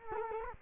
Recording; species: mosquito wingbeat signal from an infrared sensor; Culex quinquefasciatus